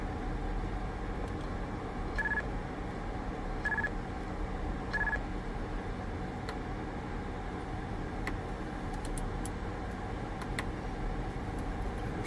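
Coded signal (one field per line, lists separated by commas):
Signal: roger beep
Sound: three short bursts, each five rapid high beeps, over steady background hiss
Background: noise and low rumble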